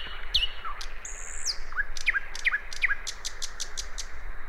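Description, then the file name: Common nightingale song: quick downward-slurred chips and a long high whistle, over steady background noise. "Luscinia megarhynchos"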